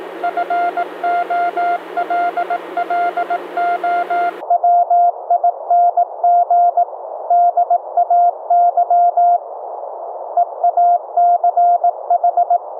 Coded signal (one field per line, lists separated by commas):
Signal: Morse code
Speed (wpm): 19 wpm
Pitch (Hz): 700 Hz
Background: none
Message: FOLLOWING DAY EACH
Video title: Transmit & Receive CW morse code over the FAMILY RADIO SERVICE(FRS) 2-way radios - LIVE demo